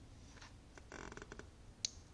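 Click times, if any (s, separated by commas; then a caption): 1.8 s. A spade terminal is pushed onto the contact of the plastic switch block of an electric lawnmower. A run of soft scraping and ticking from about 0.9 to 1.4 s gives way to a single sharp, bright click at 1.8 s. The terminal snaps into place and is seated.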